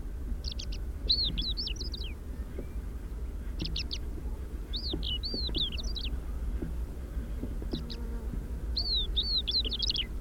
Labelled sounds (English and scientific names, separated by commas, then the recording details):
Greater Short-toed Lark (Calandrella brachydactyla) song
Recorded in the wild
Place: Albesti, Transilvania, RO
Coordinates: 46.258, 24.86
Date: 1973-04-28 12:50
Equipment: Nagra III BH, Sennheiser MD 21, parabola
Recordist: Schubert, Michael